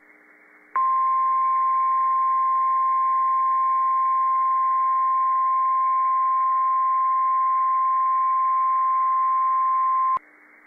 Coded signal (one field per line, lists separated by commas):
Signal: Emergency Alert System (SAME) tones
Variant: 1050 Hz attention tone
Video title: PDS Tornado Warning - EAS #1,250 - 3/25/15 6:40 PM